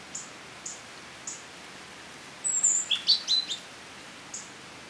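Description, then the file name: European robin calling: a few faint thin high notes about half a second apart, then a short burst of varied high sliding notes, and one more faint note, over steady background hiss. "Erithacus rubecula"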